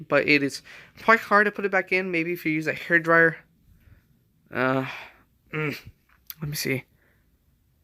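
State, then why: Not seated. Someone talks while trying to push the head of a plastic Jurassic World Amber Collection Dilophosaurus figure back onto its neck ball joint, where a pop is expected. No pop is heard; only speech and faint handling are present. The head has not seated and nothing has clicked yet.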